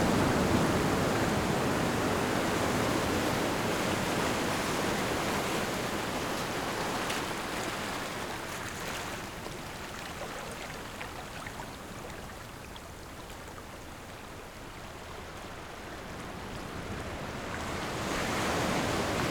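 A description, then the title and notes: Ocean water washes in a steady, dense rush of noise with a strong low roar. The sound swells at the start, eases to a quieter stretch around the middle, then builds again toward the end as another wave surges in. The Ocean at Your Feet.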